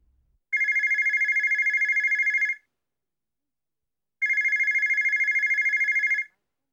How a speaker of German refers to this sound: Die beiden halten den Atem an. Plötzlich klingelt ein Telefon.